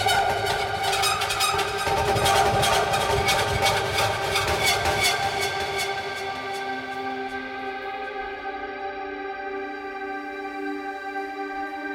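Rubbing on an overturned bass drum produces a dense, rumbling scrape full of rapid bright ticks during the first six seconds. The friction then fades, leaving a sustained synth pad of steady layered tones that holds quietly through to the end.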